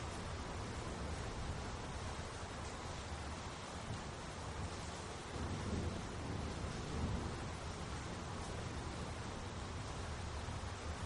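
Rainfall makes a dense, even hiss across the whole clip, fine and steady like soft patter on leaves. A deeper rumble swells from about five seconds and rolls on to the end, slightly louder, like distant thunder beneath the rain.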